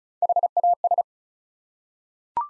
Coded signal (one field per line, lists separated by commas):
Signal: Morse code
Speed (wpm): 36 wpm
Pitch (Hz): 700 Hz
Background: none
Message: HAS